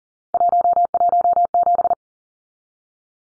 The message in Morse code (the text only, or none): 117